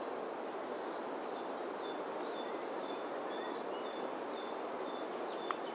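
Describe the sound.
Bird song: faint, high, clipped whistles recurring at an even pace, partly buried under constant broad hiss, with a couple of brief higher chirps near the start.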